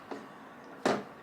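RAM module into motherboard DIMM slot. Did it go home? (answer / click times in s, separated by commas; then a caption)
yes / 0.9 s. A DDR4 memory stick is pressed into a motherboard DIMM slot. A faint tap sounds at 0.1 s, and then a sharp, louder click at 0.9 s as the retention latch snaps shut. The stick is seated.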